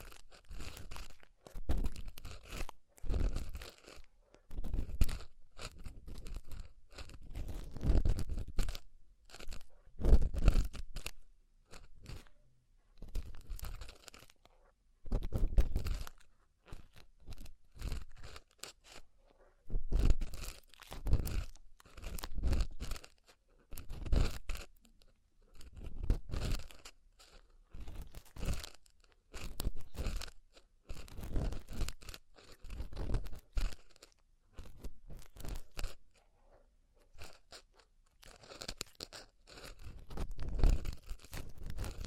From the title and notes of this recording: ASMR Deep Ear Cleaning Session. (No Talking).